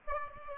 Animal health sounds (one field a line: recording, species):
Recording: mosquito wingbeat signal from an infrared sensor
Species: Aedes aegypti